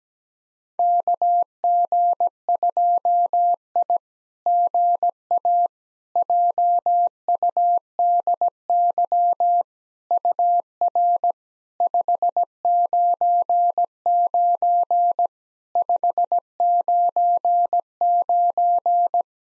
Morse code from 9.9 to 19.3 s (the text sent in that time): UR 599 599